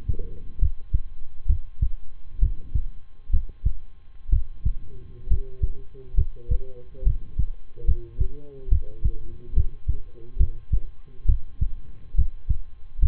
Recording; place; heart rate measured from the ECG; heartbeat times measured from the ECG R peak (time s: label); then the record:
heart sounds by stethoscope; between the tricuspid and mitral areas; 68 bpm
0.58 s: heartbeat
1.46 s: heartbeat
2.39 s: heartbeat
3.30 s: heartbeat
4.29 s: heartbeat
5.27 s: heartbeat
6.14 s: heartbeat
7.03 s: heartbeat
7.84 s: heartbeat
8.68 s: heartbeat
9.53 s: heartbeat
10.37 s: heartbeat
11.25 s: heartbeat
12.14 s: heartbeat
12.99 s: heartbeat
From the record:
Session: rest, lying down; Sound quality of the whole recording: good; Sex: male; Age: 23 years